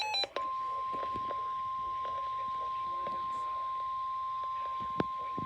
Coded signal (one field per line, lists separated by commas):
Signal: Emergency Alert System (SAME) tones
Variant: 1050 Hz attention tone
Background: speech